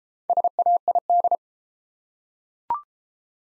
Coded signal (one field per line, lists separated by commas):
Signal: Morse code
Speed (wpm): 32 wpm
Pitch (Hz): 700 Hz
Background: none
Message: SAID